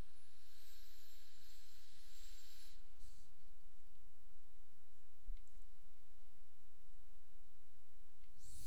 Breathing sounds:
nose breathing near a microphone
0.00-3.29 s: inhalation
8.09-8.67 s: exhalation
From the record:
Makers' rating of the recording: medium

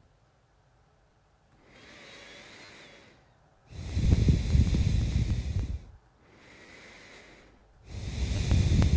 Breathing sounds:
nose breathing near a microphone
1.43-3.71 s: inhalation
3.71-5.89 s: exhalation
5.89-7.61 s: inhalation
7.61-8.97 s: exhalation
From the record:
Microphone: phone

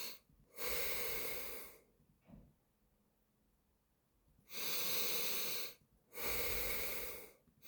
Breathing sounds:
nose breathing near a microphone
0.19-1.89 s: exhalation
4.14-5.69 s: inhalation
5.69-7.34 s: exhalation
7.34-7.68 s: inhalation
From the record:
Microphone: phone

